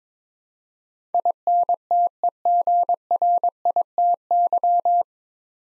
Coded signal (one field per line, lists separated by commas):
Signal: Morse code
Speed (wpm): 22 wpm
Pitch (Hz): 700 Hz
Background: none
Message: INTEGRITY